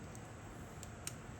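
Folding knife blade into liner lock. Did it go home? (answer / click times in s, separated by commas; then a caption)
yes / 1.1 s. A flipper folding knife blade is flicked open and locks into its liner lock, giving a sharp, bright click at 1.0 seconds. Two fainter ticks come earlier at about 0.2 and 0.8 seconds over a low, steady background hum, and the blade is locked open.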